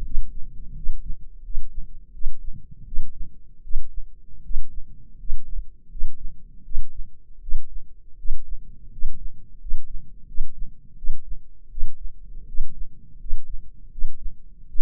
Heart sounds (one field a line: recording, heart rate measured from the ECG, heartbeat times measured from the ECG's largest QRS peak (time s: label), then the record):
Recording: heart sounds by microphone in the left ear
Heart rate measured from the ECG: 82 bpm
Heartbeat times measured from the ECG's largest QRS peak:
0.04 s: heartbeat
0.75 s: heartbeat
1.43 s: heartbeat
2.13 s: heartbeat
2.85 s: heartbeat
3.62 s: heartbeat
4.43 s: heartbeat
5.18 s: heartbeat
5.89 s: heartbeat
6.63 s: heartbeat
7.40 s: heartbeat
8.17 s: heartbeat
8.91 s: heartbeat
9.59 s: heartbeat
10.26 s: heartbeat
10.96 s: heartbeat
11.69 s: heartbeat
12.46 s: heartbeat
13.19 s: heartbeat
13.90 s: heartbeat
14.67 s: heartbeat
From the record:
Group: healthy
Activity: rest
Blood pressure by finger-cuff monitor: 161/101 mmHg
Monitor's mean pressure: 116 mmHg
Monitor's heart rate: 82 bpm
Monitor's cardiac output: 7.4 L/min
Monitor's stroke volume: 91 mL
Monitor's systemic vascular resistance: 1170 dyn s/cm5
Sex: male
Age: 23 years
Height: 179 cm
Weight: 87 kg